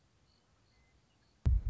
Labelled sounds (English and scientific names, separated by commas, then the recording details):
Western Meadowlark (Sturnella neglecta)
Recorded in Sonoma County, California